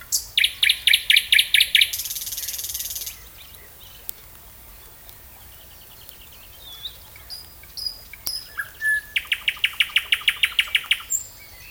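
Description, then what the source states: Thrush nightingale song opening with a loud pulsing rattle and harsh buzz, a gap of soft notes, then another fast clicking rattle series. Recorded at Hemmerder Wiesen on 18 May 2017.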